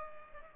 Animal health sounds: mosquito wingbeat signal from an infrared sensor; Culex pipiens

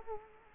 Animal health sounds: mosquito wingbeat signal from an infrared sensor; Culex quinquefasciatus

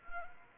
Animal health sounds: mosquito wingbeat signal from an infrared sensor; Anopheles arabiensis

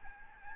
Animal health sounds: mosquito wingbeat signal from an infrared sensor; Aedes albopictus

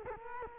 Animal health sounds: mosquito wingbeat signal from an infrared sensor; Culex quinquefasciatus

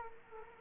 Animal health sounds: mosquito wingbeat signal from an infrared sensor; Culex quinquefasciatus

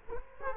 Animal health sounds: mosquito wingbeat signal from an infrared sensor; Culex quinquefasciatus

